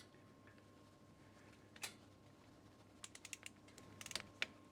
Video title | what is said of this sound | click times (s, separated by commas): HOW TO... Take an Oil Sample from a Compressor | So once you hear it click, then you know that it's set to 60 Newton meters. | 4.4 s